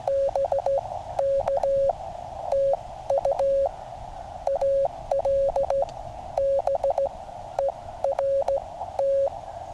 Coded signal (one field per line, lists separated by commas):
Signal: Morse code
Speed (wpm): 16 wpm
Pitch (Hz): 550 Hz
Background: none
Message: BK TU ALBERT